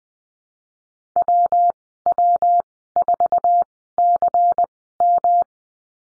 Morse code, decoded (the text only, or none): WW4CM